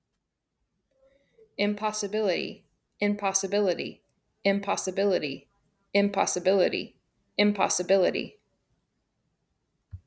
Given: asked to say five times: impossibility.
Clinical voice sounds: repeated word; female; 30 to 39 years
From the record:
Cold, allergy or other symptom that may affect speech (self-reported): no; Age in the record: 32 years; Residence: Nebraska, United States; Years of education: 16

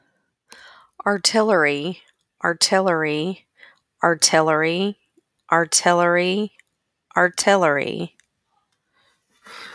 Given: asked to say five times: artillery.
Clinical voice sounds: repeated word; female; 30 to 39 years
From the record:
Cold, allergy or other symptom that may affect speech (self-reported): no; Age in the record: 38 years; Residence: Missouri, United States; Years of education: 17

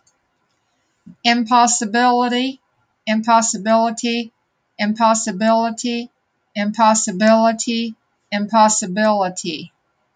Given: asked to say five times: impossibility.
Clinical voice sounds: repeated word; female; 60 to 69 years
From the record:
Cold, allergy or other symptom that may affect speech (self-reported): no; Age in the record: 69 years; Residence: Ohio, United States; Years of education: 10

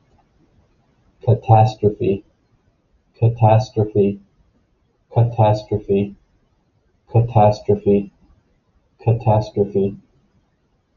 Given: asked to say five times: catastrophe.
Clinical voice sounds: repeated word; male; 20 to 29 years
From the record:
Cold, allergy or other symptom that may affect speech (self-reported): no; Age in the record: 22 years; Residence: Florida, United States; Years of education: 15

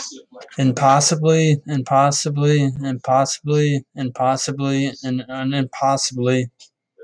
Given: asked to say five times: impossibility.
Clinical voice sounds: repeated word; male; 30 to 39 years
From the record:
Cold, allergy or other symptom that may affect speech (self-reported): no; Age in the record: 36 years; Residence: Ohio, United States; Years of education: 12

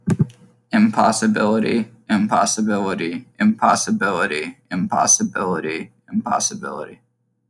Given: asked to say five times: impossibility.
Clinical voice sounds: repeated word; male; 20 to 29 years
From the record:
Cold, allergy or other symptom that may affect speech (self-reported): no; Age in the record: 22 years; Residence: Florida, United States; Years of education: 16

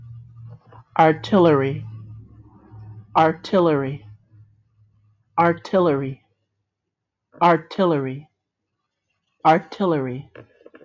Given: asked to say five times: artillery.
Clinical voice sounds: repeated word; female; 20 to 29 years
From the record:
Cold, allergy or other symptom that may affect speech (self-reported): no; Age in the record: 27 years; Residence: Ohio, United States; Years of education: 15

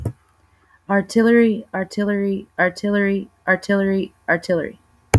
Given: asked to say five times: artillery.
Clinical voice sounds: repeated word; female; 30 to 39 years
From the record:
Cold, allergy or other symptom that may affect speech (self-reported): no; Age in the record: 31 years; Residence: Texas, United States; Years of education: 14

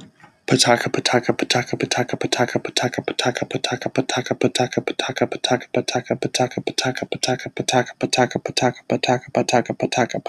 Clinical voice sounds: repeated syllables /pa ta ka/; male; 20 to 29 years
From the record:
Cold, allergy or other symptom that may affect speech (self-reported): no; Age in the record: 27 years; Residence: Connecticut, United States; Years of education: 18

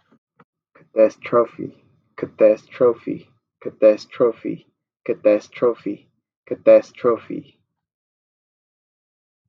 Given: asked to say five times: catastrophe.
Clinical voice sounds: repeated word; male; 20 to 29 years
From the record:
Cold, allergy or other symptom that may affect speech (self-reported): no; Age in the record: 23 years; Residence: Maryland, United States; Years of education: 16

